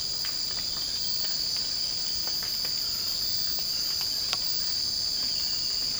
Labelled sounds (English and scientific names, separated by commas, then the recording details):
none
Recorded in secondary vegetation near Puerto Asís, Putumayo, Colombia, on 19 March 2025 at 02:00
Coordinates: 0.502, -76.326
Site G100